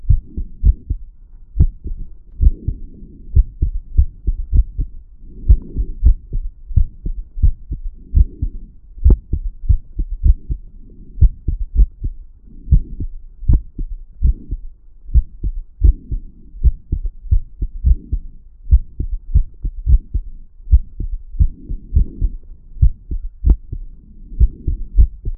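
Deep, muffled heart thumps over the tricuspid area come at uneven intervals, with occasional longer gaps and extra early beats breaking the rhythm. This is an irregular, skipping heartbeat with dropped or premature beats.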